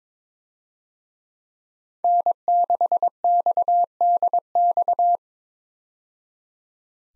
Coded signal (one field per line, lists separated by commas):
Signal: Morse code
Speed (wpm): 22 wpm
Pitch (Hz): 700 Hz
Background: none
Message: N6XDX